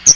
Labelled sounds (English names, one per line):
Chestnut-sided Warbler flight call